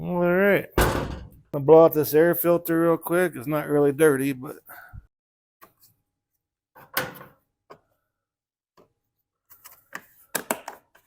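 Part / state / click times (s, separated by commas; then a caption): air filter cover onto lawn mower engine air filter housing / not seated / none. Someone talks over the first five seconds, then handles the plastic air filter cover on a Husqvarna AWD push mower engine's air filter housing, with a few sharp taps and knocks around 7.0 s and 10.0–10.5 s. The cover is not home yet; nothing has seated or clicked.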